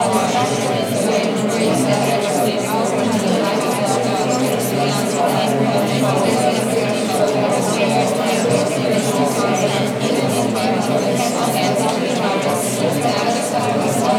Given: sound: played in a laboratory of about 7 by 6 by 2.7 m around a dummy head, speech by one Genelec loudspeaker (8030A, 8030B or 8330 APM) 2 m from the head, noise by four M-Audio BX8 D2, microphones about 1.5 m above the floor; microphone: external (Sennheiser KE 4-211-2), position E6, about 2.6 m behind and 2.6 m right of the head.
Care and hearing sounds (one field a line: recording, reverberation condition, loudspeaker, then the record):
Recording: babble noise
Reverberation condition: high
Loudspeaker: four, about 170 cm from the corners of the room and facing them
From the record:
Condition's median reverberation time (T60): about 1300 ms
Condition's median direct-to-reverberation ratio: about -4.0 dB